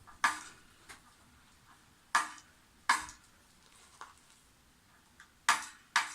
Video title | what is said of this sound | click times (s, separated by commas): On s'occupe de petit Briggs and Stratton | le clac que vous entendez, c'est parce que mon tournevis il est un peu usé avec le temps. | 5.5 s, 6.0 s